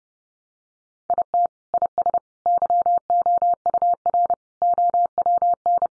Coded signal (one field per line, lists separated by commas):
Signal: Morse code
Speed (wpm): 30 wpm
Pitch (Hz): 700 Hz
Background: none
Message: IT IS YOUR OWN